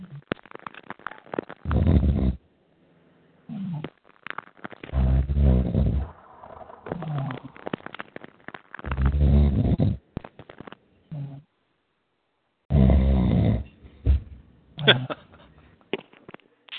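Loud, low rumbling snores from an adult recur about every four seconds over a phone line, with faint breathing noise between them.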